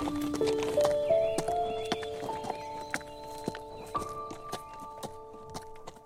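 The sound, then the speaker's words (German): Horse hooves clip-clop in an uneven walking rhythm as a rider is urged to get on the horse, sharp knocks repeating over several seconds, with sustained higher tones underneath that could be a horse's neigh. “Los, Coco, rauf aufs Pferd.”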